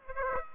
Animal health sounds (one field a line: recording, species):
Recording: mosquito wingbeat signal from an infrared sensor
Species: Aedes aegypti